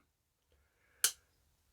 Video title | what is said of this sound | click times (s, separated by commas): SMKW BLACK FRIDAY SALE UNBOXING, EVERYDAY CARRY, EDC, GEAR | that snaps in place | 1.0 s